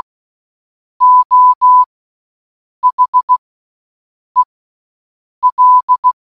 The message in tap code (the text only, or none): none